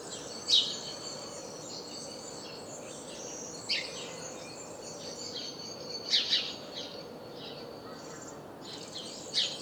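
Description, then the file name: House sparrow chirping: loud single and doubled chirps at irregular intervals, over continuous fainter twittering. "Passer domesticus"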